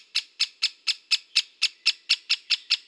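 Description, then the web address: Great spotted woodpecker calls: sharp, high, clipped 'kik' notes repeated steadily about four times a second, about a dozen in a row, over a quiet background. Slovenia. "Dendrocopos major"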